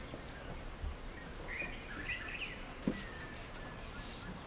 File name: crickets owls field village distant voices kids Putti Uganda